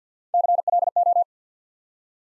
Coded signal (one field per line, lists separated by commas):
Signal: Morse code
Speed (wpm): 49 wpm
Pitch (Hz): 700 Hz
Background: none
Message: CLO